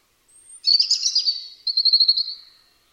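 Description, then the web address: European robin song: a thin, very high whistle, then a rich warbled phrase and a fast, even trill that fades out. "Deverinetal 2025 File origin Bird Only Er Ru"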